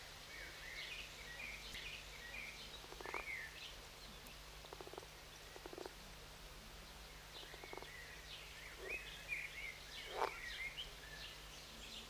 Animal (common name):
Edible Frog